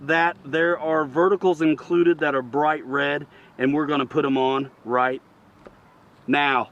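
Someone talks while handling bright red plastic/foam vertical fins about to be pushed into the wing of an RC jet model airplane, with only a faint brief tick near 5.7 s during a pause. Nothing has seated or clicked yet; the fin is not yet home when the clip ends.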